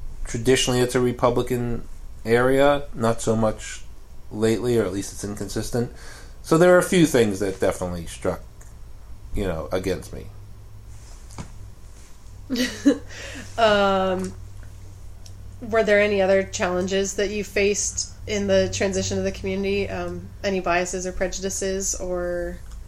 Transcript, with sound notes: traditionally it's a Republican area, not so much lately, or at least it's been inconsistent - so there were a few things that definitely struck against me.
[laughs] Were any other challenges that you faced in the transition to the community, any biases or prejudices or…?